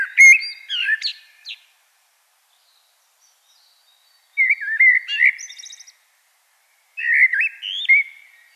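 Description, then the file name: Common blackbird giving three separate song phrases, each a mellow, varied whistled warble with thin high squeaks, spaced a few seconds apart. "Turdus merula"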